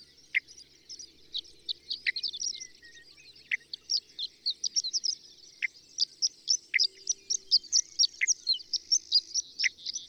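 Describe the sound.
Bird chorus: a dense, continuous stream of high, quick chirps and tweets, with sharp downward-sweeping notes dropping in now and then.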